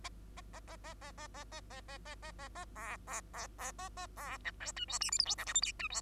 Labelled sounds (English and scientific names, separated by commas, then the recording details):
Bengalese Finch (Lonchura striata domestica) song
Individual Bird2